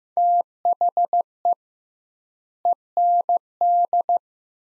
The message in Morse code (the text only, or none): THE END